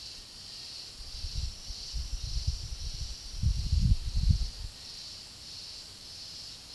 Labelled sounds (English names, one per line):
none